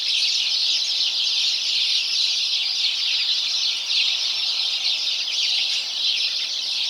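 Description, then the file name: House sparrows chirping together in a continuous noisy chatter of overlapping short calls, with no pauses. "Passer domesticus"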